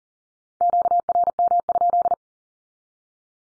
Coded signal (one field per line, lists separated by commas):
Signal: Morse code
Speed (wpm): 40 wpm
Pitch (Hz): 700 Hz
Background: none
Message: QRM?